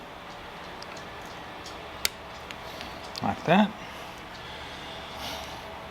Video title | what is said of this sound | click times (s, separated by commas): HOW TO INSTALL THE ELEMAKE WIFI / BT SMART LOCK FOR YOUR HOME OR SHOP! I LOVE THIS LOCK! | and then we need to install the wire harness and make sure it clicks in like that | 2.0 s